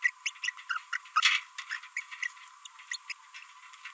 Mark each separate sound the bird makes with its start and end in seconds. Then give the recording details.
0.02-0.10, 0.26-0.30, 0.44-0.50, 0.70-0.78, 0.93-0.97, 1.16-1.40, 1.97-2.00, 2.23-2.27, 2.91-2.96, 3.10-3.12. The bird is a female. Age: 30 days. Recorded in a nest box in Venezuela. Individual 17B42B1